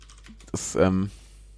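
A short run of computer keyboard typing, a few soft clicks followed by a sharper burst of keystrokes, with a brief voiced sound overlapping near the end.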